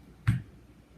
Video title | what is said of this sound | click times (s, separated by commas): Connecting Roger Touch Screen and Easy Pen to iPad or Computer | have to admit and make sure that you hear that little snap so that it's securely in place | 0.3 s